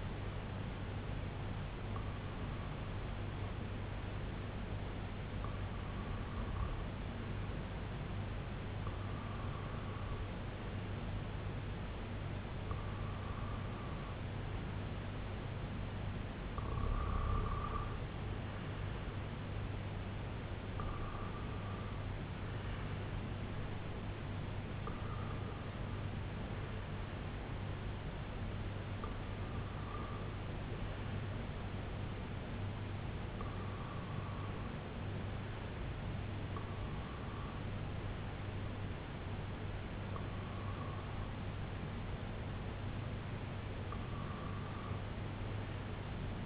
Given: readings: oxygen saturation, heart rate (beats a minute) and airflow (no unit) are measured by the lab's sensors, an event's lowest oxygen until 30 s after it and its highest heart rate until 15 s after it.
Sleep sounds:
breathing in sleep by a voice recorder at the bedside; none
none scored
From the record:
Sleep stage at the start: REM sleep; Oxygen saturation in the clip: 94 to 95%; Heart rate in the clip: 71 to 83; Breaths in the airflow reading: 12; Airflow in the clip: -5.1 to 3.2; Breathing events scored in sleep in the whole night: 258 in 7.4 hours asleep

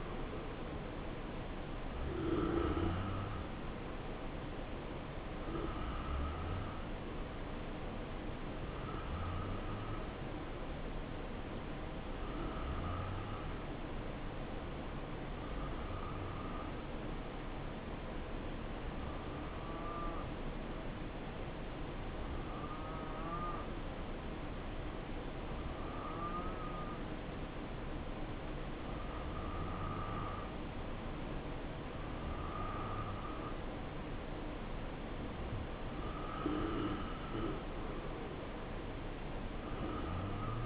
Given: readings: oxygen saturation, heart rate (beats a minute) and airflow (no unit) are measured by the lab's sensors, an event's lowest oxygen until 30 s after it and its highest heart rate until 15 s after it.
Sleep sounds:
breathing in sleep by a voice recorder at the bedside; 1
6.00-32.70 s: hypopnea (N2, oxygen 93% highest, then 89% lowest, heart rate 62 at the start, 69 highest)
From the record:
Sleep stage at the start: N2 (light sleep); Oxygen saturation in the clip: 87 to 93%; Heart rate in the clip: 60 to 69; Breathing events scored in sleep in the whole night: 277 in 7.4 hours asleep

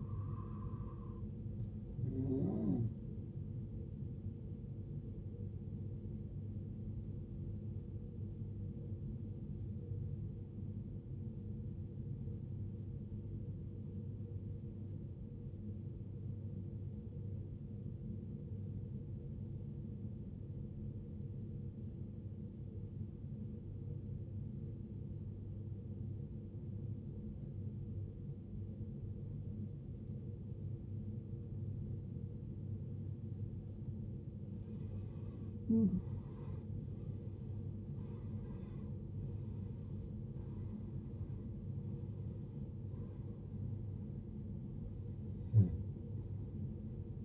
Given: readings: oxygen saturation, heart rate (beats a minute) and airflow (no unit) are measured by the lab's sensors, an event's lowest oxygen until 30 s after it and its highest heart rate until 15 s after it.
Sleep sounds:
breathing in sleep by a smartphone at the bedside; 1
14.00-37.20 s: obstructive apnea (N1, oxygen 94% highest, then 82% lowest, heart rate 55 at the start, 76 highest)
From the record:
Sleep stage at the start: N1 (lightest sleep); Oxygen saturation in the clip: 80 to 94%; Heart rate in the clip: 54 to 76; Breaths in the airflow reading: 6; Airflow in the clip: -16.4 to 16.7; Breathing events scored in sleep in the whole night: 389 in 6.3 hours asleep

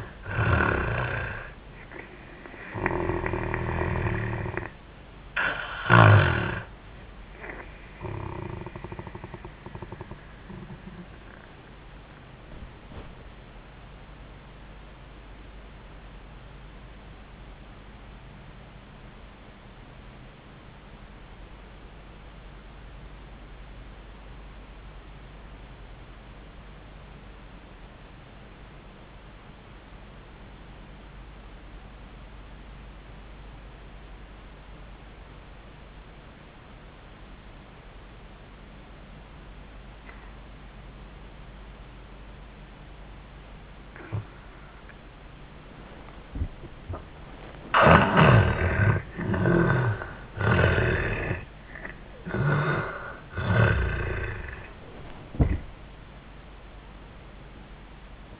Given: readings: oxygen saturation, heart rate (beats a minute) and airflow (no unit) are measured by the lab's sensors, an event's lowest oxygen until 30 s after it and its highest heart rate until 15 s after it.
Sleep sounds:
breathing in sleep by a voice recorder at the bedside; 1
12.00-42.00 s: new sleep stage, N2 (light sleep)
19.00-47.30 s: obstructive apnea (N2, oxygen 96% highest, then 77% lowest, heart rate 76 at the start, 94 highest)
42.00-58.40 s: new sleep stage, N1 (lightest sleep)
From the record:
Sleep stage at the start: N1 (lightest sleep); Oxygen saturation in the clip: 78 to 96%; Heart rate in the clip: 73 to 92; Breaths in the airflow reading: 6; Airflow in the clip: -15.4 to 11.9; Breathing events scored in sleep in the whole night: 400 in 8.7 hours asleep

